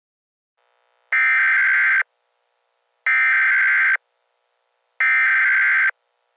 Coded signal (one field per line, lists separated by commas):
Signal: Emergency Alert System (SAME) tones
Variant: header bursts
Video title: EAS Scenario - The Cataclysm